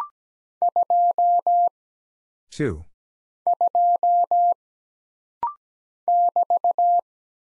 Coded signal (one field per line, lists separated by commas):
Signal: Morse code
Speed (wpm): 17 wpm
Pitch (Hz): 700 Hz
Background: none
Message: 2 2 <BT>